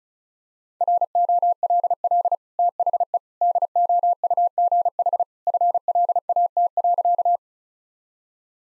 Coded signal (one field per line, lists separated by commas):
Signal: Morse code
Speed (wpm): 34 wpm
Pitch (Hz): 700 Hz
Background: none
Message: ROLL THE DOUGH FLAT.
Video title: Easy Sentences with Hints - 35wpm